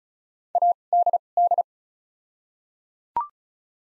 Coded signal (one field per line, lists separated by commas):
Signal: Morse code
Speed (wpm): 36 wpm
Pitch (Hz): 700 Hz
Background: none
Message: ADD